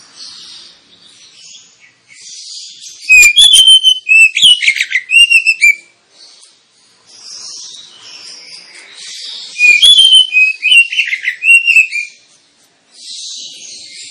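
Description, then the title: Oriental magpie-robin singing in two loud bouts of varied whistles, slurred notes and grating chips, separated by quieter high-pitched chattering in the background. Used as a lure recording to provoke magpie-robins into singing and fighting, with the bird described as singing loudly and insistently. "Kacer Langsung Tarung Konslet KACER NGOTOT FULL TEMBAKAN. Kacer dimana SAJA Bakalan NGEPLONG GACOR dengan Pancingan Kacer ini"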